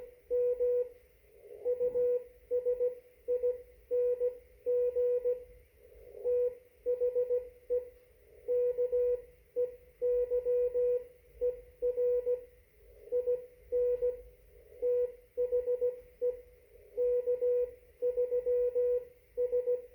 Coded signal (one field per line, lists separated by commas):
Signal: Morse code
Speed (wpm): 16 wpm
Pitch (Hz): 490 Hz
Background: none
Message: M USING THE KEYER IN THE K3S